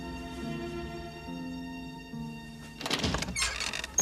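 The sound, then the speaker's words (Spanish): A steady low tonal hum gives way to a young woman opening the front door of a modest two-storey house: a rattling clatter of latch and handle, then a sharp thunk as it swings free. “Abre.”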